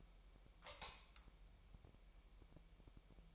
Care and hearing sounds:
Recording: daily activity, microphone in the room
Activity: light off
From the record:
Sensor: 1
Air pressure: 1001.9 hPa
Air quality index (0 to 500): 248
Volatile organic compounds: 52 ppm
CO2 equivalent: 3320 ppm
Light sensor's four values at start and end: 14/46/18/19 and 5/11/4/5

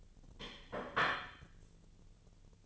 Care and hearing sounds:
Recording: daily activity, microphone in the room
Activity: place plate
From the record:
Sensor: 4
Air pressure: 1010.2 hPa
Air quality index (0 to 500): 181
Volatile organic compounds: 6 ppm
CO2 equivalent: 1838 ppm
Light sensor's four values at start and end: 30/91/35/35 and 30/91/35/35

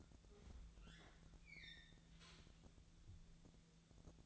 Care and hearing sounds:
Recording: daily activity, microphone in the room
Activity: open fridge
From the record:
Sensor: 3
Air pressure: 1000.0 hPa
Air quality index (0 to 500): 132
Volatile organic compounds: 2 ppm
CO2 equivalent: 1182 ppm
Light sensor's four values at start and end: 43/110/47/51 and 43/110/47/51

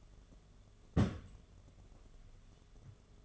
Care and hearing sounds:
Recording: daily activity, microphone in the room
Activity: place on stove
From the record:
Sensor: 4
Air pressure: 1011.1 hPa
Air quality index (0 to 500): 142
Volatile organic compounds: 3 ppm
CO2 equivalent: 1458 ppm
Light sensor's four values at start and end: 204/532/225/235 and 204/531/225/234

